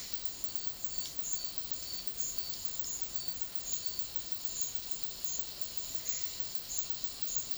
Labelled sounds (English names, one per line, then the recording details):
none
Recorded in dense forest near Puerto Asís, Putumayo, Colombia, on 19 February 2024 at 11:00
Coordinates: 0.500, -76.322
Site G6465